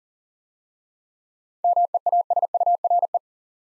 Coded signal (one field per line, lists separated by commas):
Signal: Morse code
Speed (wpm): 40 wpm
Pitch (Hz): 700 Hz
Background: none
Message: MEASURE